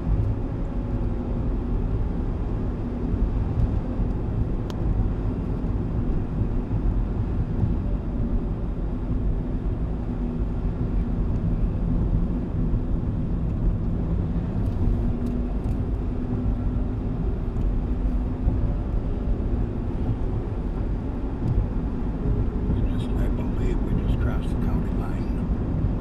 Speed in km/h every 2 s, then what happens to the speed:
77, 78, 77, 72, 66, 66, 66, 71, 72, 77, 78, 78, 77.
4-8 slows to 66. 12-20 speeds up to 78. 20-26 steady at about 78.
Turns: none.